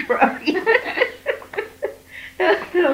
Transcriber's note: laughs